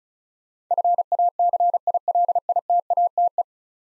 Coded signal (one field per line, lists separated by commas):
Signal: Morse code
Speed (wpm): 36 wpm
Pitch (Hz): 700 Hz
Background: none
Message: FACILITATE